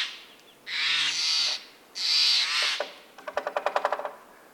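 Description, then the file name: American Three-toed Woodpecker making two long, harsh, grating calls, then a fast series of sharp taps like a short drum roll. "American Three-toed Woodpecker - Picoides dorsalis"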